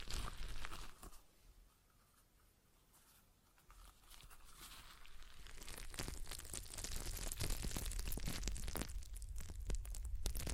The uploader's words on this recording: ASMR Relaxing Stress Ball Sounds (No Talking).